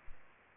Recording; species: mosquito wingbeat signal from an infrared sensor; Aedes aegypti